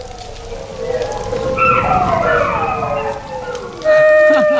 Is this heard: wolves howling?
yes